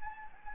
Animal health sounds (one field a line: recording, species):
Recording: mosquito wingbeat signal from an infrared sensor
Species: Anopheles gambiae